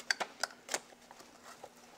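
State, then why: Not seated. The female end of a new accessory cable is being handled at the plastic 2-pin 12V connector on a LiveWire motorcycle, which it is pushed into until it latches. Sharp plastic handling ticks land at about 0.1, 0.4 and 0.7 s, with a faint tick near 2.0 s over a low steady hum. Nothing has seated or clicked yet.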